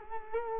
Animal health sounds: mosquito wingbeat signal from an infrared sensor; Culex quinquefasciatus

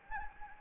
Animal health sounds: mosquito wingbeat signal from an infrared sensor; Anopheles gambiae

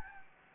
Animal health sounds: mosquito wingbeat signal from an infrared sensor; Anopheles gambiae

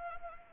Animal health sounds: mosquito wingbeat signal from an infrared sensor; Anopheles arabiensis

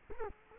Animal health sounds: mosquito wingbeat signal from an infrared sensor; Culex quinquefasciatus

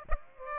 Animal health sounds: mosquito wingbeat signal from an infrared sensor; Aedes aegypti

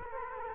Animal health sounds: mosquito wingbeat signal from an infrared sensor; Culex quinquefasciatus

